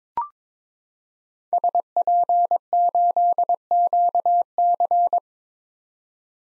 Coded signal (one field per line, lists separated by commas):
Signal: Morse code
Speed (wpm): 22 wpm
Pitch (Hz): 700 Hz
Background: none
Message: SP8QC